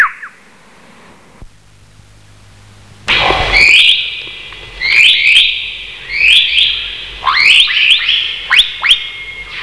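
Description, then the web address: Lyrebird song: a brief downslurred note, a quiet gap, then loud clear whistles and sharp upslurred notes in irregular, rapid series. "coenelemans lyrebird"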